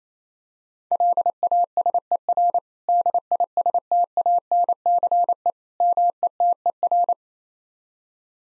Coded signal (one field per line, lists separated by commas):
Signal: Morse code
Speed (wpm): 27 wpm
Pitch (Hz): 700 Hz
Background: none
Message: LASER DISTANCE METER